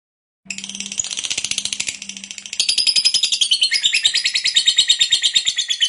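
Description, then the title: Lovebird giving a long, rapid chatter of high, rasping notes that grows louder halfway through and keeps up a fast even rhythm to the end. Ngekek panjang, long continuous chatter, described as gacor, very vocal. "LOVEBIRD NGEKEK PANJANG GACOR BIKIN LATAH"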